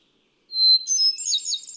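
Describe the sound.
Hermit thrush song: a clear held whistle followed by a rapid, fluty, tumbling flourish of higher notes.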